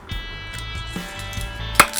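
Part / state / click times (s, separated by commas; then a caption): activator plunger button in the base of a two-component aerosol spray can / seated / 1.8 s. The plastic activator button, taken off the cap of a 2K clear-coat spray can, is pressed into the bottom of the can to break the seal on the inner hardener canister. Over a low background with steady tones, a sharp click is heard at 1.8 s, followed by two faint ticks. The button seats and the seal is broken.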